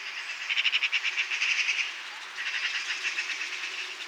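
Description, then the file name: Eurasian magpie rattle: a fast run of harsh, dry pulses for over a second, a brief pause, then a softer, longer rattle continuing to the end. "Pica pica"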